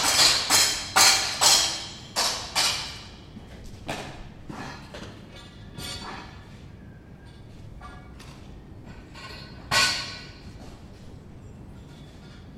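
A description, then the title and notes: Scaffold building with a quick series of sharp metal clanks in the first three seconds, then scattered knocks and one loud bang near ten seconds. Steiger bouwen/Building a scaffold Theresia van Ávila kerk, Den Haag. Due to unsound renovations 2 years ago they had to construct another a scaffold around the Theresia of Ávila church in The Hague.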